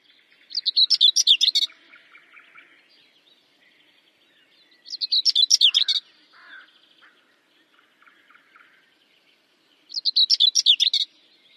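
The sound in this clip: Bird song in three bursts of rapid, high chirping notes, each about a second long and roughly five seconds apart, with soft twittering in between.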